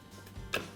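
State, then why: Seated. A glass blender jar filled with lemon and orange juice is set back onto the blender base and clicks into place. A short, sharp click is heard at 0.5 s, and the jar is seated.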